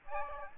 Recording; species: mosquito wingbeat signal from an infrared sensor; Aedes aegypti